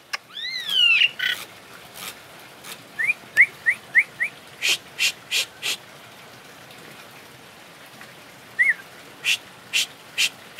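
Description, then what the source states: Asian pied starling giving a few rising whistles and short upslurred squeaks, mixed with sharp clicking notes repeated at intervals. Indonesian name Jalak Suren; labelled Suren Teler.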